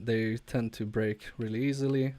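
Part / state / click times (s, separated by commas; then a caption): ribbon cable connector or shell part going into a game controller / not seated / none. Someone talks while reassembling a PS4 controller for a drift fix, carefully handling its fragile ribbon cables as a ribbon cable connector or shell part is readied to go into the controller. Nothing has seated or clicked yet.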